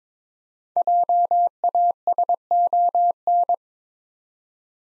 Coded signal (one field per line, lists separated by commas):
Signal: Morse code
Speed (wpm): 22 wpm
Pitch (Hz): 700 Hz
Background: none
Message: JASON